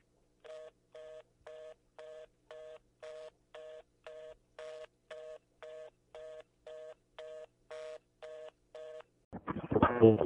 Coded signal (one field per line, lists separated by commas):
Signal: telephone call progress tone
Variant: North America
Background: speech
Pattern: reorder tone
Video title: EAS Scenario Yoopa's Shutdown